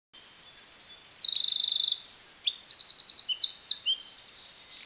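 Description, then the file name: Eurasian wren song, a loud, very high, rapid torrent of repeated chirps and a fast buzzy rattle, switching between trilled phrases for nearly five seconds. "zaunkoen"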